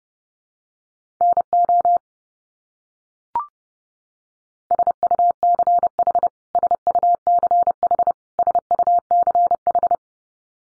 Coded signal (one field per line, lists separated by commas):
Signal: Morse code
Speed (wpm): 30 wpm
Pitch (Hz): 700 Hz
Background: none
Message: NO SUCH SUCH SUCH